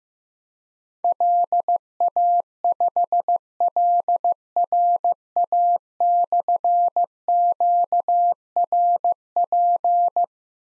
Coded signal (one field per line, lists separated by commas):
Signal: Morse code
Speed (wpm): 15 wpm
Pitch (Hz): 700 Hz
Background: none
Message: LA5LRA/QRP